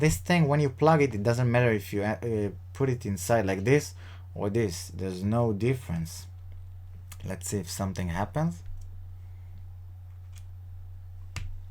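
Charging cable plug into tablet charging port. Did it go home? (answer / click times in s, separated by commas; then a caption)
yes / 11.4 s. Someone talks while plugging the plug of a reversible charging cable into the charging port of an Apple iPad Air 2 for the first time, with a steady low hum underneath. A sharp click at 11.4 s marks the plug seating in the port, and the Apple logo then appears on the screen.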